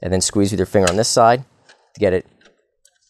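Someone talks while the plastic rear output cover of an HP P4515 laser printer is fitted into the rear frame, right side first, then the left side squeezed with a finger. A short, sharp click is heard at 2.9 s as the cover snaps into place and is seated.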